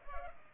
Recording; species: mosquito wingbeat signal from an infrared sensor; Culex pipiens